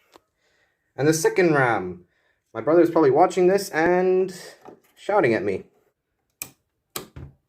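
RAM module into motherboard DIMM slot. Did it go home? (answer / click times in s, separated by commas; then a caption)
yes / 6.4 s, 7.0 s. Someone talks as a second RAM memory module is pushed into its motherboard DIMM slot. Two loud, sharp clicks at 6.4 s and 7.0 s mark both retention latches closing, and the stick is seated.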